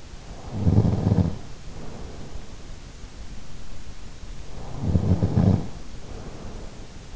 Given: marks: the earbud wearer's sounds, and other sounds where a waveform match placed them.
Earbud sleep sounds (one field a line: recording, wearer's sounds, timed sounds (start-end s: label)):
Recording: sounds in sleep by an in-ear microphone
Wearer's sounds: snoring breath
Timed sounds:
0.42-2.83 s: snoring breath
4.52-7.16 s: snoring breath